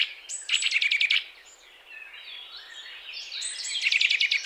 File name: Sitta europaea